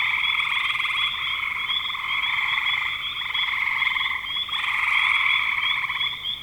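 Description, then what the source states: Frog chorus of dense, overlapping pulsed trills, rising and falling in loudness almost without pause. Frogs calling in spring 2025.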